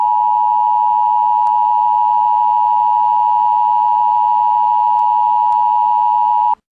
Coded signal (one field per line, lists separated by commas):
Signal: Emergency Alert System (SAME) tones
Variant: 853 and 960 Hz attention tone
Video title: EAS Scenario | The Creature.